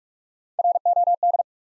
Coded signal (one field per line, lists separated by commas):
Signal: Morse code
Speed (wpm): 44 wpm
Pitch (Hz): 700 Hz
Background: none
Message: ROD